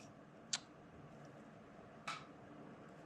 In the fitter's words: So you can hear it just kind of clicked in there, just there.